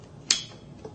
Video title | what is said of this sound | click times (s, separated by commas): Review Nikon D3200 24.2 MP CMOS Digital SLR with 18-55mm f/3.5-5.6 Auto Focus-S DX VR NIKKOR Zoom Le | Pops right in. | 0.3 s